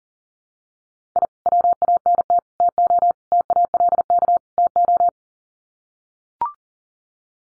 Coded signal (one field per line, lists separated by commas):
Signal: Morse code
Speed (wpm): 37 wpm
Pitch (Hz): 700 Hz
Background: none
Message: I WANT TO TALK TO